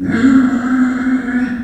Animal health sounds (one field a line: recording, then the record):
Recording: squeal of a Yucatan mini pig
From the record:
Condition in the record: after surgery on the right vocal fold (resection and tissue-engineered implant)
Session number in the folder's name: 4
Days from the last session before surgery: 26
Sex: female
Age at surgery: 19 weeks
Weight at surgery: 25 kg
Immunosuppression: prednisolone